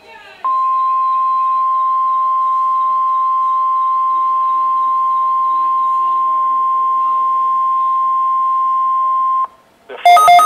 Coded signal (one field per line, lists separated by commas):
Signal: Emergency Alert System (SAME) tones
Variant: 1050 Hz attention tone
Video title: NOAA Radio (EAS # 209) Required Weekly Test And With My Old Camera